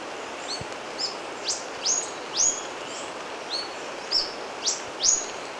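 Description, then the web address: Yellow-throated bush tanager calling with several thin, high, sweeping notes at irregular intervals against a steady background hiss. Recorded in Ecuador. "Birds of Ecuador Yellow-Throated Bush-Tanager"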